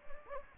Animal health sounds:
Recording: mosquito wingbeat signal from an infrared sensor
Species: Anopheles gambiae

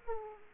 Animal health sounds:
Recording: mosquito wingbeat signal from an infrared sensor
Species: Aedes aegypti

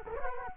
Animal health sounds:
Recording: mosquito wingbeat signal from an infrared sensor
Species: Culex quinquefasciatus

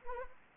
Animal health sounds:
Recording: mosquito wingbeat signal from an infrared sensor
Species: Anopheles arabiensis

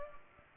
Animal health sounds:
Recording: mosquito wingbeat signal from an infrared sensor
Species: Culex pipiens

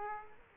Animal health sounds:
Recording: mosquito wingbeat signal from an infrared sensor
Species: Aedes aegypti

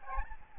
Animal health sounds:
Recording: mosquito wingbeat signal from an infrared sensor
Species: Aedes albopictus

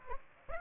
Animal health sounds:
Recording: mosquito wingbeat signal from an infrared sensor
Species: Aedes aegypti

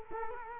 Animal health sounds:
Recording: mosquito wingbeat signal from an infrared sensor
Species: Culex quinquefasciatus

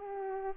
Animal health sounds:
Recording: mosquito wingbeat signal from an infrared sensor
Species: Culex pipiens

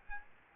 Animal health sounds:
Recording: mosquito wingbeat signal from an infrared sensor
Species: Aedes albopictus

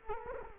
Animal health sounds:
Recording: mosquito wingbeat signal from an infrared sensor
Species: Culex quinquefasciatus

